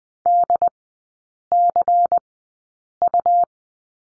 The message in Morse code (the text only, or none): DCU